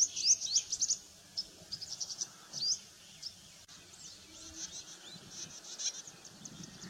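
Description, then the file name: Paddyfield warbler song: quick, high twittering notes and brief trills in the first three seconds, followed by fainter scattered chips over a soft background hiss. "Canto da felosa agricola"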